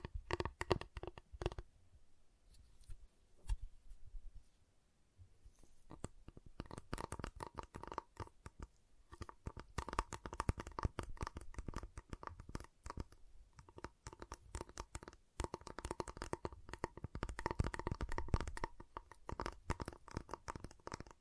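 Crisp tapping and snapping on a giant chocolate bar, in dense clusters of sharp clicks and cracks. A quieter gap comes around three to five seconds. Then the busy crackling resumes, with scraping, cutting-like strokes and small breaks running nearly nonstop to the end.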